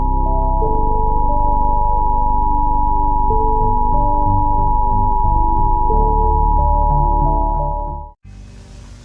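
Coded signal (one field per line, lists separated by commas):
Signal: Emergency Alert System (SAME) tones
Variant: 853 and 960 Hz attention tone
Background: music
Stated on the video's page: Simulated EAS alert, a fictional scenario imagining the system used during the 9/11 attacks.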